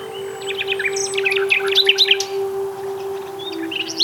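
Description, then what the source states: Common Nightingale singing a varied burst of quick chirps and clicks, then a brief pause and more whistled notes, with a constant low hum underneath. Country people call the nightingale the barley bird.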